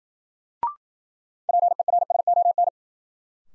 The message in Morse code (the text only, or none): PERSON